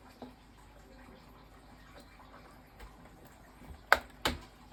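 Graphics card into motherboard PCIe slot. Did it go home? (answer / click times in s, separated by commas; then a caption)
yes / 3.9 s. A new Asus TUF GeForce RTX 4060 Ti graphics card is lined up and pushed into the PCIe x16 slot of an MSI motherboard, with quiet handling noises before it. At 3.9 s the slot's retention latch snaps with a sharp, loud click, followed by another sharp sound at 4.3 s. The card is seated.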